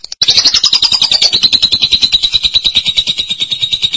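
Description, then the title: Lovebird song: one unbroken, fast, rattling chatter of high squeaky pulses. "BM Suara Burung Lovebird"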